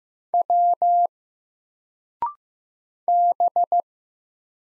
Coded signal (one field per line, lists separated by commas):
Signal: Morse code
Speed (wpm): 15 wpm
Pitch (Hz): 700 Hz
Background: none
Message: W B